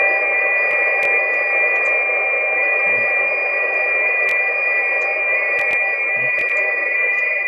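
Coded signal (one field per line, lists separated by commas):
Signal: FT8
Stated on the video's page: FT8 on 6 meters during a band opening, heard on a live stream.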